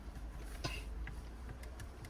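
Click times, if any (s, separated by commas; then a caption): none. A wiring connector is fiddled toward its socket on the back of the stereo head unit of a 2011–2019 Audi A1 S1 during a touchscreen upgrade, with a steady low rumble underneath. A brief broadband rustle near 0.7 s and a few faint light ticks later are the only handling sounds. The connector has not seated or clicked in yet.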